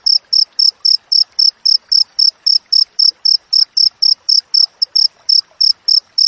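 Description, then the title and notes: Cricket chirping in a steady run of short, high, pure pulses, about three or four every second, with faint scratchy clicks beneath. Clear, natural cricket chirping with close spacing between chirps, offered as a master recording for training songbirds and for driving away rats. "Masteran Jangkrik Alam Jernih, Jeda Rapat Cocok Untuk Masteran Burung Dan Mengusir Tikus. suara jangkrik"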